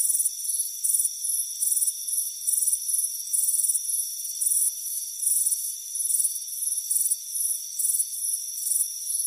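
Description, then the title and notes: Shrill cricket chirps pulse in uneven clusters, some longer and louder, layered over a continuous high-pitched insect hum. Crickets chirping on a warm afternoon by a front porch. "Soothing Crickets Chirping Sound. It's a warm afternoon as you relax in a hammock on the front porch. Relax and fall asleep to the soothing sound of chirping crickets. Deep Sleep Sounds"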